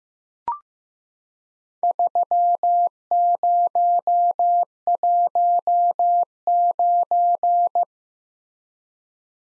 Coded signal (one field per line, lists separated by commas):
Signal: Morse code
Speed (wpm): 15 wpm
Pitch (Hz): 700 Hz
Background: none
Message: 3019